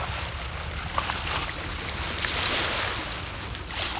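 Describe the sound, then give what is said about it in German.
A boat approaching directly toward the listeners across the water: a steady low rumble with hissing wash and splashing over it, holding at an even, moderate level throughout, with no voices. “Da, das Boot, es kommt direkt auf uns zu.”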